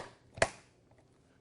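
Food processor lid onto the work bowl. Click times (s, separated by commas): 0.4 s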